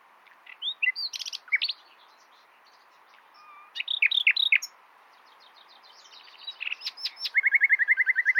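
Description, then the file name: Common nightingale song with bursts of sharp chirps separated by pauses, ending in a long, even series of rapidly repeated notes. "Luscinia megarhynchos"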